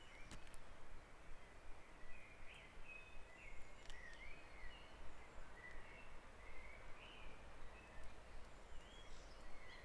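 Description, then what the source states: Birds singing in a dawn chorus, thin chirped and warbled notes over a steady low rumble, with a few sharp clicks. Dawn chorus on Back Dragon Avenue, Harrogate, part of a sound map of Harrogate.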